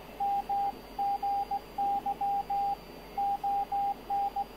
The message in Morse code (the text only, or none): MGY ON